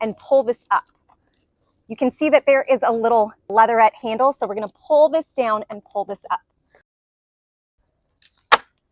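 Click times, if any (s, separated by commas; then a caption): 8.5 s. On a TernX travel stroller frame, the gray lever is pushed down and the leatherette handle is pulled up to extend it while someone talks. After a quiet pause, a sharp click at 8.5 s marks the handle locking into place.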